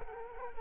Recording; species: mosquito wingbeat signal from an infrared sensor; Culex quinquefasciatus